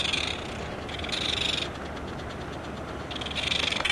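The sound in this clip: Black noddy giving harsh, rasping calls in three bursts against steady background noise.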